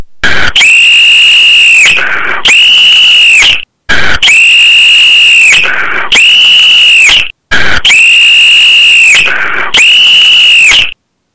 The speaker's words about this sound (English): Yes, this is your warning to everybody right now. Turn down your volume because it's going to get very loud. Yes. The police whistle.